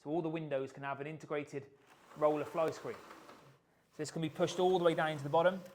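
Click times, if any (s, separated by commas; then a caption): none. A man talks throughout while an integrated roller fly screen on an Internorm window is handled, pushed down toward the catch at the bottom of the frame. His speech pauses briefly near 3.6–4.0 seconds, then resumes. Nothing has seated or clicked yet when the clip ends.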